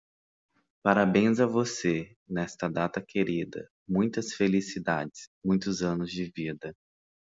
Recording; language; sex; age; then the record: short text; Brazilian Portuguese; male; 30 to 39 years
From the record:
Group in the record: control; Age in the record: 33 years